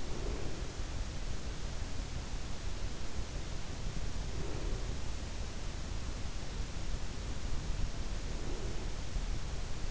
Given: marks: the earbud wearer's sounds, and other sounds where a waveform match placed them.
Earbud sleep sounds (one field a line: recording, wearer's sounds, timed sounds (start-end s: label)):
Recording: sounds in sleep by an in-ear microphone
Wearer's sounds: breath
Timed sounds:
0.00-0.96 s: breath
4.23-5.16 s: breath
8.14-9.20 s: breath